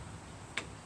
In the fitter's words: cuss it just a bit want to hear that snap that click there